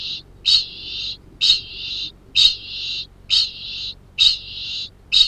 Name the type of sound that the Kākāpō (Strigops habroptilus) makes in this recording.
ching call